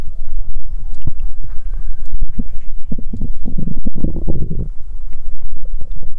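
Low, irregular gurgling and rumbling bursts come and go over about six seconds, loudest near the middle. This is stomach growling (borborygmi), the ordinary sound of gas and fluid moving through the gut, and is normal.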